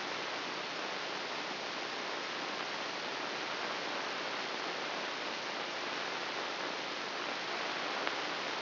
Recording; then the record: brain microelectrode recording played as sound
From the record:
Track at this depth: inside the subthalamic nucleus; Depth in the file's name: 4.908 mm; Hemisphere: left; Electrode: 3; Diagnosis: Parkinson's disease